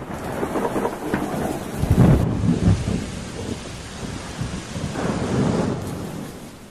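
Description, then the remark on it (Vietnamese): A steady roar of heavy rain from a storm that keeps growing heavier and lasts nearly a week fills the whole stretch, broken by deep rolling rumbles of thunder that swell around the second and fifth seconds. No voices are heard. “Tưởng ấy chỉ là một cơn giông, ai ngờ trời càng lúc càng mưa to.”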